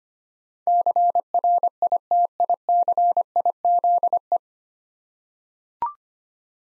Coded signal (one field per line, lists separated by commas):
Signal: Morse code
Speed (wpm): 25 wpm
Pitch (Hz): 700 Hz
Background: none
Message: CRITICIZE